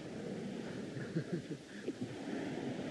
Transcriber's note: laughs